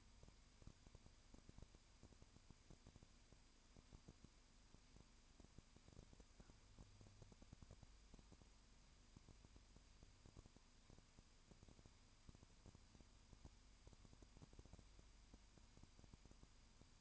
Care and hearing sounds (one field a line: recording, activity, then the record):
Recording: daily activity, microphone in the room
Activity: no activity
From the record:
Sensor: 2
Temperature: 20.8 degrees Celsius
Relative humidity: 38.3%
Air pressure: 1010.4 hPa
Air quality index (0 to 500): 200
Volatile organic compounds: 19 ppm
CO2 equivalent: 2641 ppm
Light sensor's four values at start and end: 2/3/2/2 and 2/3/2/2